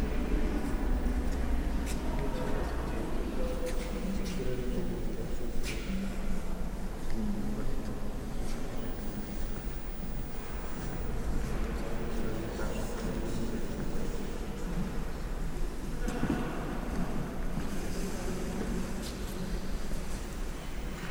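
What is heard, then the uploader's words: Cathedral ambience at York Minster: a steady, dense murmur of many voices talking at once, with no single speaker standing out. A low rumble runs underneath throughout, and brief brighter clicks and footstep-like knocks surface now and then, notably near 2, 6 and 16 seconds. Cathedral Ambiance | York Minster. This binaural field recording captures the essence of the cathedral's serene atmosphere.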